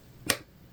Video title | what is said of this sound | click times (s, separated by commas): FREE Pattern series!! The large size gift and Goody Bag, fully lined with no raw edges! | hear that and it holds it temporarily but see that's such a nice finish okay | 0.3 s